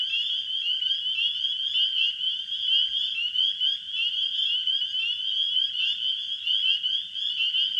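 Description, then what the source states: Spring peepers calling en masse, sharp upslurred peeps layered into a steady, ringing high chorus with no gaps. Spring peepers calling in a wetland in spring.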